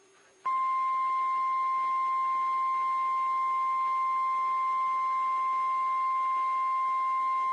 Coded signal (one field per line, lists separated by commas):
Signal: Emergency Alert System (SAME) tones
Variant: 1050 Hz attention tone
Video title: EAS #1022-1029 (8/11/21)